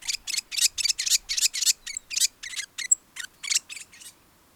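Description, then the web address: New Zealand fantail song: a fast chattering sequence of squeaky, scratchy notes with a couple of brief pure whistles near the end. "cantos abanicomaori"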